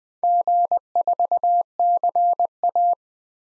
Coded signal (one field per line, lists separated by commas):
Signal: Morse code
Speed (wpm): 20 wpm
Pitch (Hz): 700 Hz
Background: none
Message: G4CA